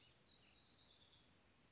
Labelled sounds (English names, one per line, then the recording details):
House Wren
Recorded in Sonoma County, California